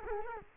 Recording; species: mosquito wingbeat signal from an infrared sensor; Culex quinquefasciatus